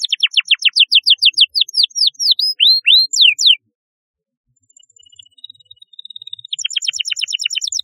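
Canary song: fast series of sharp downward-sweeping chirps repeated several times a second, a pause with faint thin notes, then another rapid rolling chirp series.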